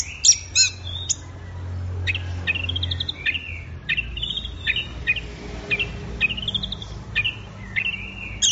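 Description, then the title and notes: Orange-headed thrush song of quick, varied phrases: sharp high notes opening, then repeated short slurred whistles dropping in pitch, steady low background hum. Bird in full song (gacor), used for training songbirds. "Anis Merah Gacor Teler. Kumpulan Suara Burung Anis"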